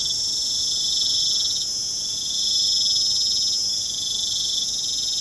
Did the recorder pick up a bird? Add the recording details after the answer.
no. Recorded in pastures near Puerto Asís, Putumayo, Colombia, on 25 June 2025 at 22:00. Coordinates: 0.472, -76.331. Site G095